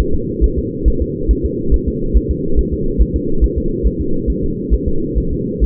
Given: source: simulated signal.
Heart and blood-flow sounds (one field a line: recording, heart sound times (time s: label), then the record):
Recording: fetal heart sounds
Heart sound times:
0.00 s: S1
0.14 s: S2
0.44 s: S1
0.59 s: S2
0.88 s: S1
1.02 s: S2
1.31 s: S1
1.46 s: S2
1.74 s: S1
1.88 s: S2
2.17 s: S1
2.31 s: S2
2.59 s: S1
2.73 s: S2
3.01 s: S1
3.16 s: S2
3.44 s: S1
3.58 s: S2
3.87 s: S1
4.01 s: S2
4.30 s: S1
4.44 s: S2
4.74 s: S1
4.88 s: S2
5.18 s: S1
5.33 s: S2
5.64 s: S1
From the record:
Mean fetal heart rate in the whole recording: 135 bpm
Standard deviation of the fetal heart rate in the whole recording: 3 bpm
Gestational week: 34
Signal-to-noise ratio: -8.1 dB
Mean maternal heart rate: 72 bpm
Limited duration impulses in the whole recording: absent